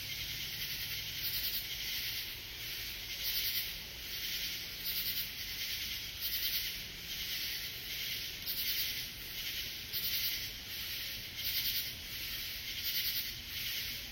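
Katydid calling in regular scratchy bursts about every second and a half, set against a persistent high-pitched insect drone.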